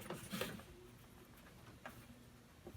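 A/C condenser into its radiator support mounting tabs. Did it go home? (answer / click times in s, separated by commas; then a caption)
no / none. A replacement A/C condenser for a 2014–2019 Silverado/Sierra is handled into its radiator support mounting tabs, slid into the bottom tabs before being pushed down. Faint handling knocks and rustles are heard, with sharper bumps at about 0.1 s and 1.9 s. Nothing has seated or clicked yet.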